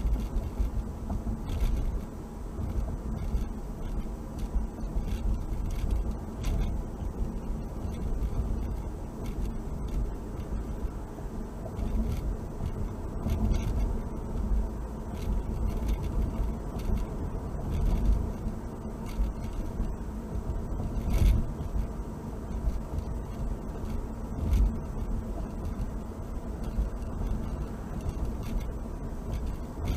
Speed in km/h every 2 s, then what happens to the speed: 60, 58, 58, 58, 60, 61, 64, 66, 68, 68, 68, 69, 69, 69, 69.
0-7 steady at about 58. 7-16 speeds up to 68. 16-30 steady at about 69.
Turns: none.